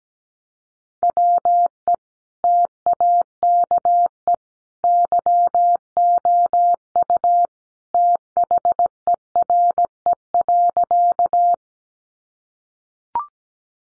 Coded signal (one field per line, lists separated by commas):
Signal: Morse code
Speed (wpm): 17 wpm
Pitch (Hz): 700 Hz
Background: none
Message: WE TAKE YOU THERE.